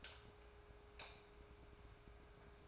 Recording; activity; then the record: daily activity, microphone in the room; light on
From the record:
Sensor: 2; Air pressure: 1010.1 hPa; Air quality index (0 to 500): 161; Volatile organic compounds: 7 ppm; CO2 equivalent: 2016 ppm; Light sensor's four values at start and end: 41/98/44/49 and 44/107/48/53